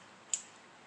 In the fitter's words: heard it come pop loose